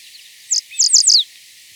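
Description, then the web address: Band-tailed Sierra-Finch calls: a short high note, then three quick downslurred notes in a tight run, all high-pitched. Recorded in Ecuador. "Birds of Ecuador. Band-Tailed Sierra-Finch"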